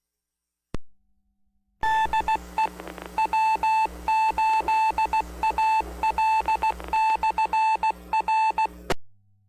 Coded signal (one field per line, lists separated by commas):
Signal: Morse code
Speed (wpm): 16 wpm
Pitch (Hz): 880 Hz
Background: none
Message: DE W8AL/R